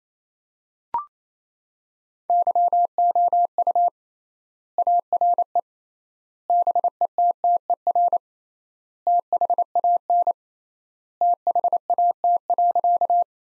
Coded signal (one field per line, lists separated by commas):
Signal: Morse code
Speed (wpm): 28 wpm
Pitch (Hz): 700 Hz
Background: none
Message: YOU ARE BETTER THAN THAT.